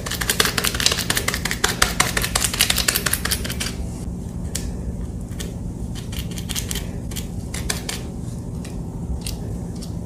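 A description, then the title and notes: Gym chalk is crushed and worked into a Pinesol paste. For the first four seconds there is dense, bright crackling and rapid clicking, then it thins to scattered crisp clicks and scrapes. A low, steady hum runs underneath throughout. Crushing gym chalk into Pinesol. Mixing the paste, and reforming into crispy dusty reformed gym chalk shapes.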